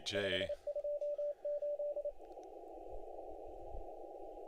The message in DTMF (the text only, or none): none